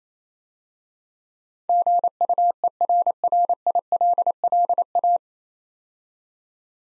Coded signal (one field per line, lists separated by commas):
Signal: Morse code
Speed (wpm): 27 wpm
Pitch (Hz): 700 Hz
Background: none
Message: GUERRILLA